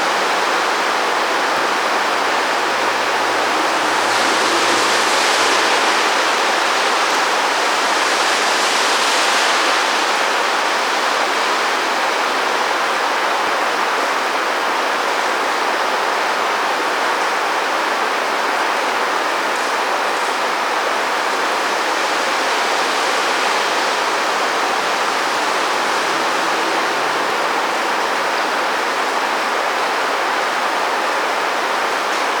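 Rain heard from home, falling on a translucent awning overhead. The hiss is dense, bright and steady for the whole stretch, with slightly stronger surges around five and nine seconds. Faint low rumbles sit beneath it near the start.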